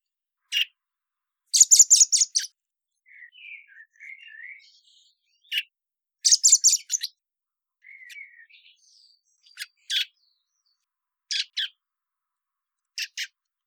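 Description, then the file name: Common blackbird giving clusters of harsh, scratchy bursts every few seconds, between soft, quiet warbled phrases; no other sounds. "Turdus merula"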